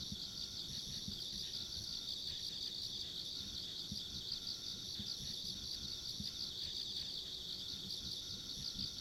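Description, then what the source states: Insects trilling in a dense, unbroken high-pitched chorus with faint rhythmic pulses, set against soft low rumble. Ambient insect sounds along a rural country road.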